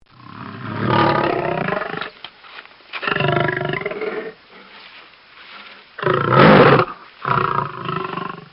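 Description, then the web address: Lion growling in deep, rough bursts of one to two seconds, with quieter breathing between the growls. Lion growling, breathing and pacing. "Bobby Cole Lion-Growling"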